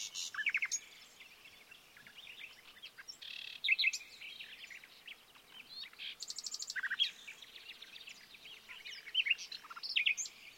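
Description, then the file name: Common nightingale song, varied phrases of sharp whistles, rapid rattling trills and chirps with short pauses. "Luscinia megarhynchos"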